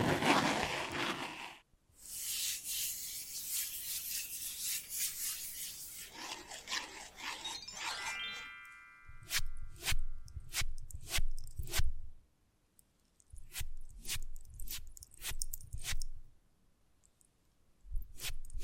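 Scratching and rubbing open the recording, a dense, bright, continuous rasp with a short silence near two seconds. After about nine seconds it turns into a series of sharp taps, roughly one per second, with soft low thuds beneath and brief pauses between.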